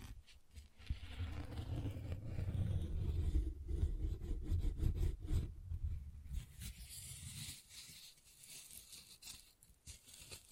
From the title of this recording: Tingly Textures Tapping and Scratching